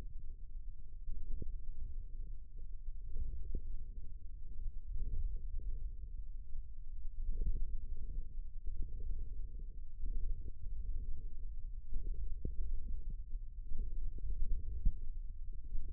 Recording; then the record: forearm muscle sounds (acoustic myography)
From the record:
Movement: ulnar deviation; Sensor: system 1, eight BSWA MPA416 microphones around the upper forearm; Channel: 6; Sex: male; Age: 54 years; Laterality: right